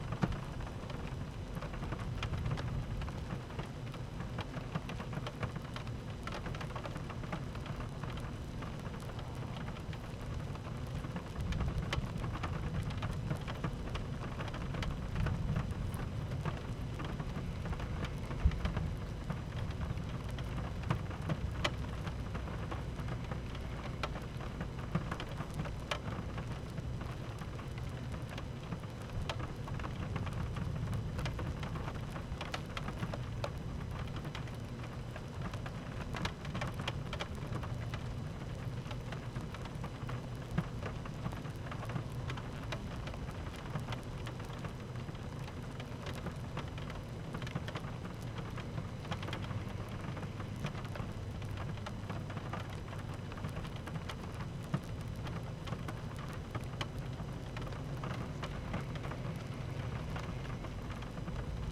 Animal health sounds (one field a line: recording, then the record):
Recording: honeybee colony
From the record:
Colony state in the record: active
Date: 12 June 2018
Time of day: 13:10